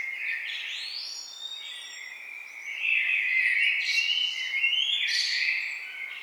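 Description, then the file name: Common blackbird song, continuous fluty warbling with rising slurs and thin high twittering overtones, fairly loud throughout over light hiss. "Turdus merula"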